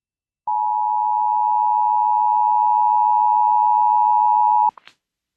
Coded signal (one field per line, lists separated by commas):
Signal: Emergency Alert System (SAME) tones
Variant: 853 and 960 Hz attention tone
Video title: GSP SVR On WJON EAS #867